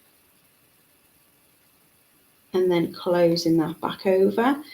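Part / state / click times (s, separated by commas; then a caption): jump ring closing on necklace clasp end / not seated / none. A metal jump ring, threaded through the calotte end of a necklace with a lobster clasp added, is still open and being handled before it is twisted closed. The first 2.5 seconds are near-silent, and then someone talks until the end. The ring has not closed or clicked yet.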